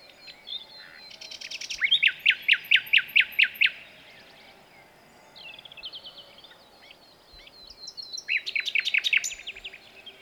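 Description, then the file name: Common nightingale song with a loud, rhythmic run of repeated sharp notes, a brief pause with soft phrases, then another rapid repeated burst. "Luscinia megarhynchos"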